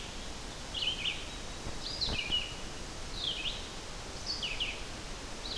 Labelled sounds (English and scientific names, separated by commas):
Red-eyed Vireo (Vireo olivaceus) song